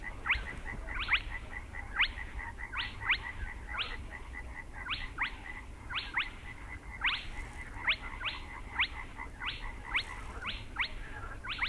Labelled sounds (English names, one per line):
Spotted Crake